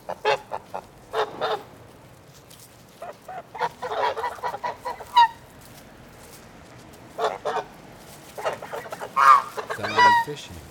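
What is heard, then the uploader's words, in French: A goose gives short, harsh honks and cackles in irregular bursts, busiest in the first five seconds and again near the nine- and ten-second marks. A few brighter rising squawks stand out among them, over a quiet, low background hiss. L’oie. Demo_oies_groupe_01.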